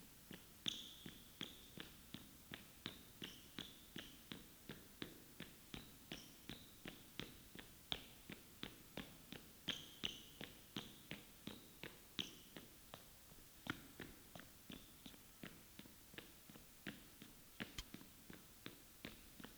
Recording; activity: daily activity, guitar pickup as the sensor; run